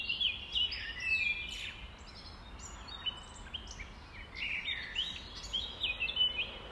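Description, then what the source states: Common nightingale singing a rich mix of sharp whistled notes and short trills in rapid phrases, with steady background noise. Recorded at dawn, around 05:33, on 5 May 2020.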